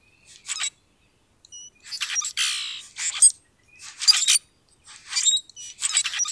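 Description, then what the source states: Grackle song: squeaky, creaking phrases with harsh scratchy noise and thin high whistles, several short bursts close together. Song given with a spread display at Conn Hill.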